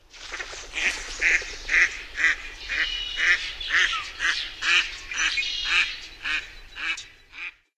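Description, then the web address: Mallard giving a long run of loud nasal quacks, roughly two per second, over a low rumble of background noise. "Songs of Birds of North America Stokes. Mallard"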